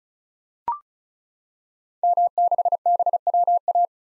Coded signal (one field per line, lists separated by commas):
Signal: Morse code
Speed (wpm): 36 wpm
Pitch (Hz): 700 Hz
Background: none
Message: M6BWA